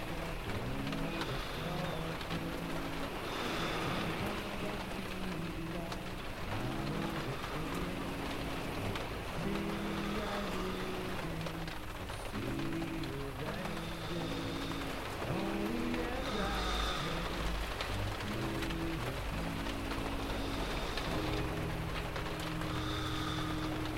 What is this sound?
A Rainy Night by the Ocean